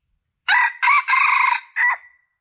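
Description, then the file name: Junglefowl crow, one short rasping phrase of four segments, the third longest and slightly wavering, the last cut short. Male; lure call (suara pikat) used to attract junglefowl. "suara pikat ayam hutan jantan"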